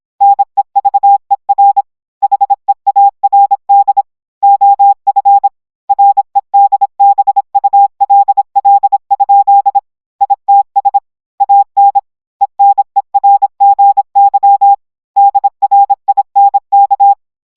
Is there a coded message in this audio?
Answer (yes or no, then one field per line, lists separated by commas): yes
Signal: Morse code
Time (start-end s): 0.2-17.1 s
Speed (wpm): 26 wpm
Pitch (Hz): 800 Hz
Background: none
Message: NEVER HEARD OF REDBULL? ITS AN ENERGY DRINK